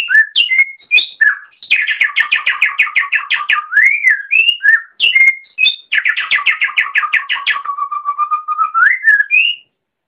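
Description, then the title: Oriental magpie-robin song of sweet whistled slurs alternating with rapid buzzy trill series, ending with a long low whistle that rises at the end. "Kicau Kacer"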